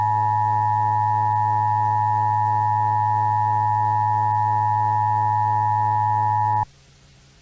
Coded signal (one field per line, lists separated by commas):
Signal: Emergency Alert System (SAME) tones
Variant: 853 and 960 Hz attention tone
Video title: [EAS SCENARIO] DANSE MACABRE